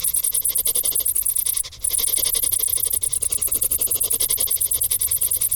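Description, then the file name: Crickets chirping in a rapid, high-pitched, buzzy pulsed trill with one brief pause. "Grillen"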